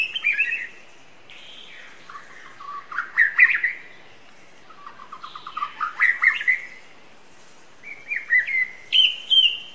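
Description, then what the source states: White-rumped shama song in four bursts of varied fluty phrases and rapid note runs, separated by pauses. Wild forest bird, singing.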